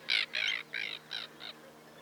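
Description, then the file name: Arctic tern calls, five short harsh rasping notes in quick succession, each a little weaker than the last. "Arctic Tern Sterna paradisaea"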